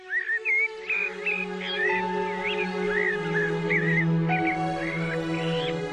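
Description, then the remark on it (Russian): A steady stream of bird calls in a garden in spring, heard through double window frames: rooks cawing mixed with the warbling, whistled chatter of starlings, over a low continuous hum that runs through the whole stretch. “Сквозь двойные рамы слышно было, как шумели в саду грачи и пели скворцы.”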